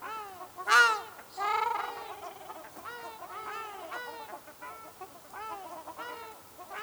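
Ruddy shelduck giving loud nasal honks, one sharp burst early, then a run of softer arched calls.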